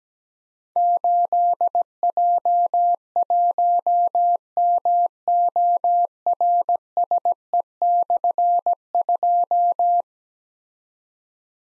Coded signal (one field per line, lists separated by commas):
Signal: Morse code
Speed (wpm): 17 wpm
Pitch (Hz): 700 Hz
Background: none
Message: 8J1MORSE/2